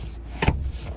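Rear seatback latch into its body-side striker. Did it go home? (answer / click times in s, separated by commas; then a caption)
yes / 0.4 s, 0.5 s. A folded rear seatback in a 2024 Dodge Hornet R/T Plus is raised and pushed back upright until its latch catches in the body-side striker. Two sharp latch clicks are heard at about 0.4 s and 0.5 s over a low vehicle hum. The seatback latches upright and snaps back into place very easily.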